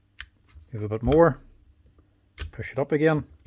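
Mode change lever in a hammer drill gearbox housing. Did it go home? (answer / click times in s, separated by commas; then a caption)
no / none. During reassembly of a Hikoki (Hitachi) hammer drill, the mode change lever mechanism in the gearbox housing is pushed up and forward while someone talks. Brief handling ticks and taps are heard at about 0.2 s and 2.4 s. The lever has not yet clicked down into place, and nothing has seated.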